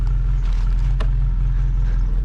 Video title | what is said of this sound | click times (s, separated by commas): Zakupy do oferty: LANCIA BETA MONTECARLO SPIDER 1975 - numer 226 z 3558 sztuk ! | to naciśnij usłyszysz kliknięcie a okej | 1.0 s